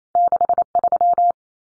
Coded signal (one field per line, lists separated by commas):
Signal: Morse code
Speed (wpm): 28 wpm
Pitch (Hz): 700 Hz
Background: none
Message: 63